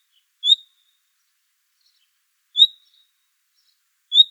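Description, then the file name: Common nightingale gives three clear, high whistled notes with pauses between them, in otherwise quiet surroundings. "Luscinia megarhynchos"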